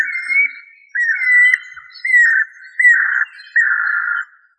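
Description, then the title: Bird song: five buzzy whistled phrases at mid pitch, most opening with a clear upslur, spaced nearly a second apart. "LuckyPassaro Completos2Sama"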